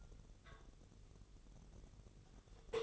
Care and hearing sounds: daily activity, microphone in the room; take from stove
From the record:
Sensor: 4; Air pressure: 989.0 hPa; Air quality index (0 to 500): 208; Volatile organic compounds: 56 ppm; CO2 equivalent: 3372 ppm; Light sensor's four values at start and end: 29/98/36/38 and 29/98/36/38

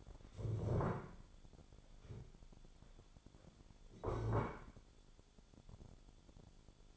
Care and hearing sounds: daily activity, microphone in the room; stand up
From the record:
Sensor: 5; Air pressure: 1015.3 hPa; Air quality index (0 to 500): 181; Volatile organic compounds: 7 ppm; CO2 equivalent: 1964 ppm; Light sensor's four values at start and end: 36/82/33/32 and 36/82/33/32

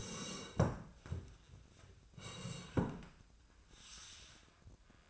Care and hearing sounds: daily activity, microphone in the room; sit down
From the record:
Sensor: 2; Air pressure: 1012.1 hPa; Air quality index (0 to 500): 159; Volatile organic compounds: 2 ppm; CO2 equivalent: 1164 ppm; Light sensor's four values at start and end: 40/97/43/48 and 51/125/55/63

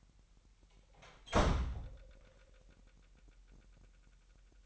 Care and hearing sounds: daily activity, microphone in the room; close door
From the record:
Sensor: 3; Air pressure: 998.3 hPa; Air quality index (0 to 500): 146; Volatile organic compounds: 5 ppm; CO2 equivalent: 1744 ppm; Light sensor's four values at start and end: 15/44/18/17 and 15/44/18/17

